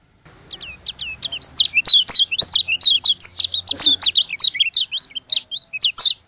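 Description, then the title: White-eye delivering a sustained stream of high, rapid twittering notes with slurred up-and-down chirps for about six seconds. From Lombok. "Suara burung pleci lombok"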